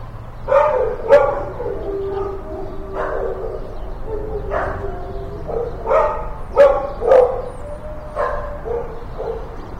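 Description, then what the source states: Several dogs barking and yelping irregularly, sharp barks mixed with higher whines, over a constant low rumble. Dogs in kennels, kennel ambience, stereo recording.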